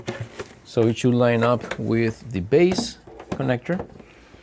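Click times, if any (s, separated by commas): none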